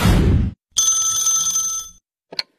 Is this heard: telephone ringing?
yes